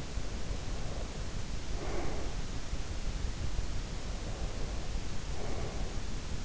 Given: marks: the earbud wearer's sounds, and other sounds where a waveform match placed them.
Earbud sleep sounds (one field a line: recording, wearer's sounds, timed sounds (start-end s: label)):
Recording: sounds in sleep by an in-ear microphone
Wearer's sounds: breath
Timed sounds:
0.14-2.69 s: breath
3.69-6.25 s: breath